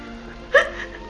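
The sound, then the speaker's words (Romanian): A woman in a Romanian radio drama, as the character Iulia, lets out one short, high-pitched whimpering sob, a quick catch in the breath that stands alone over a faint steady hiss. “Plânge Iulia mea.”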